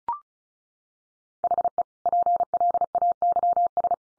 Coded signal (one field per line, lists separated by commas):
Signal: Morse code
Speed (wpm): 34 wpm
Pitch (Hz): 700 Hz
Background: none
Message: HE PLAYS